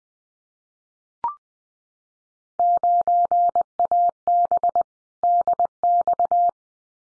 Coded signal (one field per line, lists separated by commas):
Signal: Morse code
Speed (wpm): 20 wpm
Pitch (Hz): 700 Hz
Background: none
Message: 9AB DX